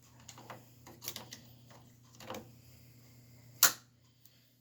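A memory module is pushed into its motherboard slot, producing a few light handling taps and rustles before a single loud, sharp click at 3.6 s. The click is the slot's retention latch snapping shut, and the module is seated. Someone talks.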